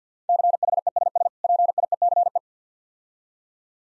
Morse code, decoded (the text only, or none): CHESS PIECE